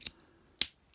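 An orange plastic blade piece from a Shinkansen Henkei Robo Shinkalion Z 500 Osakakanjyo set is slid on top of the toy sword accessory. A faint click sounds at 0.1 s, then a sharp, bright snap at 0.6 s as the blade locks into place, followed by a soft tick near 0.9 s. The blade piece is seated and locked on the sword.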